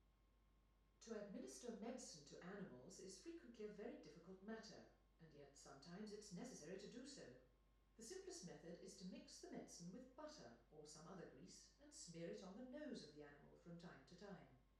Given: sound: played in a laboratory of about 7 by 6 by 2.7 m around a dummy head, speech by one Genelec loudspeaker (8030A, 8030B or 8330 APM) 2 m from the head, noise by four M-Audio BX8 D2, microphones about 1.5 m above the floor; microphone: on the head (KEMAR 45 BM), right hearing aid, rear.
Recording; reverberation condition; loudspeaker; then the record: female speech in English; medium; 30 degrees to the left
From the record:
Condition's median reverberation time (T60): about 510 ms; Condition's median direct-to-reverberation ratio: about -0.5 dB